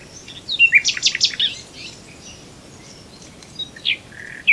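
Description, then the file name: Common nightingale song: a burst of rapid, loud chattering notes, then a pause and a few separate rich whistled notes. "Luscinia megarhynchos"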